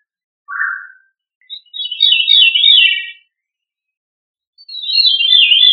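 Thrush song: a low fluty note, then rich, warbling phrases, with a pause before another warbled phrase.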